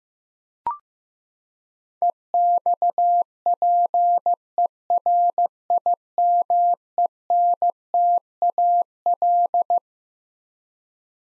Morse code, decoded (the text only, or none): EXPERIMENTAL